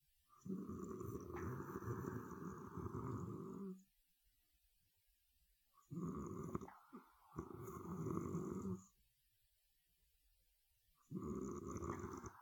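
Long, low, rattling snores lasting about three seconds each, separated by quiet pauses, at roughly eleven breaths a minute. One snore is broken by a brief catch partway through. This is ordinary snoring from an adult sleeper.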